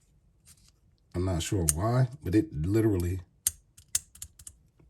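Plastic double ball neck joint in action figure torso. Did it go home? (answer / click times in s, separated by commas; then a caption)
yes / 3.5 s, 3.9 s. A plastic double ball neck joint in an action figure torso is moved again and snaps back into its socket. Someone talks, then two loud plastic snaps ring out at 3.5 and 4.0 seconds, followed by a few softer clicks as the joint seats.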